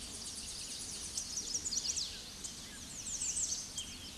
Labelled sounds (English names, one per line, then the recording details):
American Redstart song
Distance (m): 35 m
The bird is about 5 m above the microphone
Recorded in a Pennsylvania forest on 16 May 2024 at 08:15
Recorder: AudioMoth, point MSD-2345
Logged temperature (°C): 15.5 °C
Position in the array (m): 151 m, 251 m